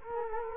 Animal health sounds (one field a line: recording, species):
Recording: mosquito wingbeat signal from an infrared sensor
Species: Culex quinquefasciatus